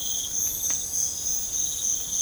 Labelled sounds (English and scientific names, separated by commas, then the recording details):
none
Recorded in pastures near Puerto Asís, Putumayo, Colombia, on 26 December 2024 at 05:00
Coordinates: 0.496, -76.326
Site G004